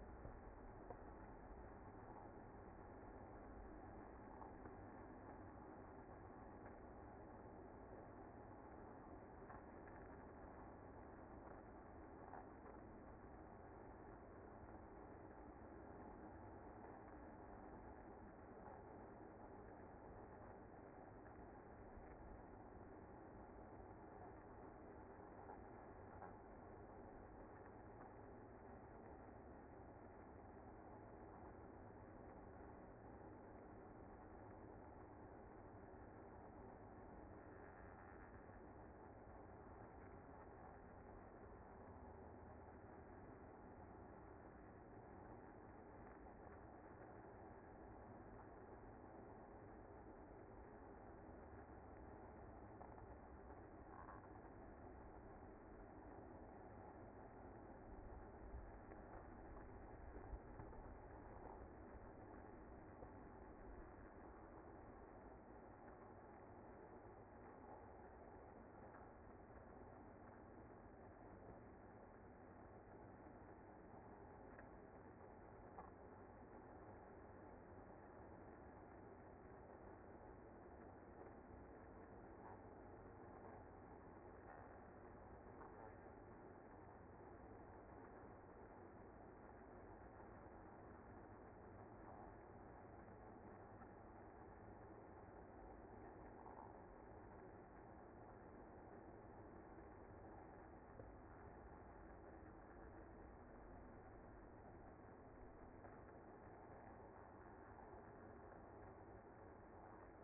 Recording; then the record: honeybee colony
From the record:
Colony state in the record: active